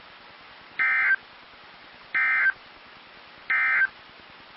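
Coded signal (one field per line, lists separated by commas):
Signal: Emergency Alert System (SAME) tones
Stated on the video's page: Weather radio station KEC74 Indianapolis, two Severe Thunderstorm Warnings.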